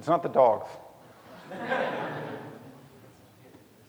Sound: laughter